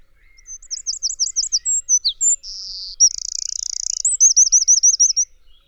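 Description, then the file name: Eurasian wren singing a fast, high-pitched song: ringing trills, a buzzy rattle and quick whistled notes, all loud and rapid. "Troglodytes troglodytes"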